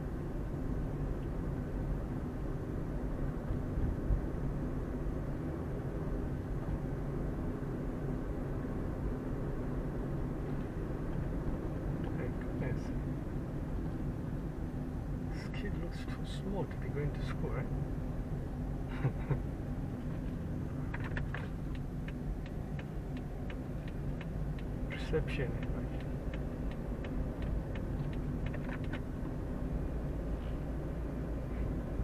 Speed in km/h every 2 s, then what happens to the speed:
31, 33, 34, 35, 35, 34, 27, 24, 23, 21, 22, 21, 23, 26, 25, 29.
0-9 steady at about 34. 9-13 slows to 24. 13-21 steady at about 22. 21-32 speeds up to 29.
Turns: none.